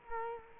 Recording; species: mosquito wingbeat signal from an infrared sensor; Culex quinquefasciatus